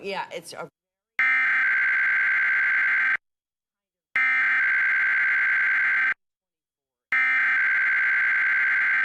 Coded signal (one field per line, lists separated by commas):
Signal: Emergency Alert System (SAME) tones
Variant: header bursts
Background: speech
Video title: Arizona EAS Alert: Required Monthly Test Compilation (09/13/2023)